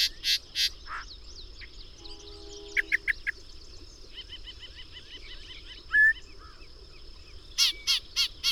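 Bird calls: loud harsh notes at the start, a short quick burst, a clear whistle, then four loud notes in a row at the end.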